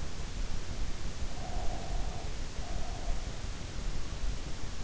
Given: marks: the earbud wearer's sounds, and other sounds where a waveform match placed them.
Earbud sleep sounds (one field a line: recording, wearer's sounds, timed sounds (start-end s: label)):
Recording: sounds in sleep by an in-ear microphone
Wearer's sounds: breath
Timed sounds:
1.36-3.34 s: breath